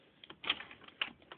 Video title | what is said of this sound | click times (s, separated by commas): VSR-11 Bolt action rifle | that click there that means that it's done | 1.0 s